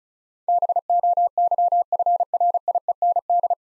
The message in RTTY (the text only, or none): none